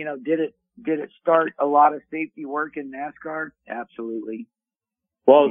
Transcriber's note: none